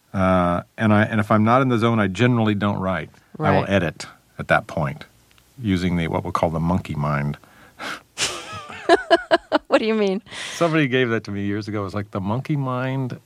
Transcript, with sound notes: And if I'm not in the zone, I generally don't write, I will edit at that point, using the - what we call the monkey mind.
(LAUGHTER) What do you mean?
Somebody gave that to me years ago, it was like the monkey mind.